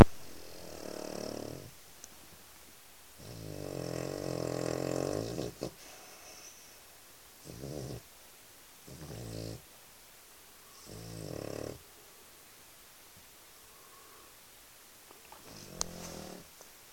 One dog can snore so much a boys campout.